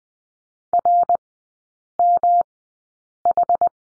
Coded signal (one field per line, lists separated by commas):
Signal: Morse code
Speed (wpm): 19 wpm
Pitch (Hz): 700 Hz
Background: none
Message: RMH